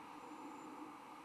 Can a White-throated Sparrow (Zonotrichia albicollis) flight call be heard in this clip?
no